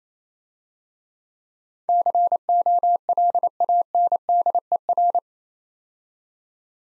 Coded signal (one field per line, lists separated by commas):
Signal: Morse code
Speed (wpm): 28 wpm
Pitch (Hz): 700 Hz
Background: none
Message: COLANDER